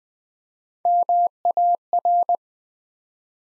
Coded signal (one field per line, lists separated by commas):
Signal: Morse code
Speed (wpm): 20 wpm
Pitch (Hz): 700 Hz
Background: none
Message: MAR